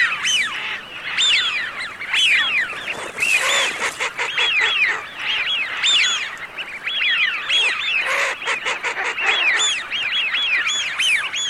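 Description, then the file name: Eurasian wigeon calling, many birds giving repeated rising-then-falling whistles that overlap constantly. "FISCHIONE"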